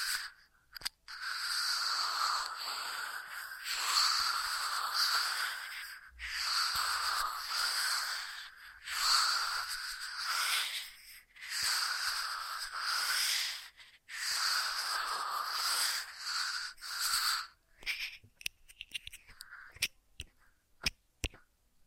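Ear massage sounds: soft, dense rubbing strokes in a steady rhythm, each lasting one to two seconds with brief gaps between. The texture is airy and bright, like skin or fabric sliding. After about seventeen seconds the rubbing stops, leaving scattered light taps and small clicks.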